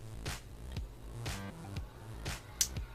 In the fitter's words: se escucha un click no de